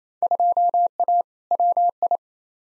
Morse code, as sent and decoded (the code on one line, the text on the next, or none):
..--- .- / .-- ..
2A WI